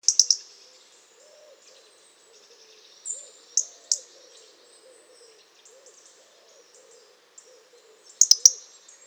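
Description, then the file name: European robin gives sharp, high clicking ticks in small bursts at the start, middle and end, with a thin high note and a faint low hum between them. "Erithacus rubecula"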